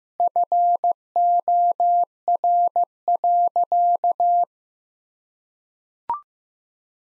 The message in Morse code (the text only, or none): FOR.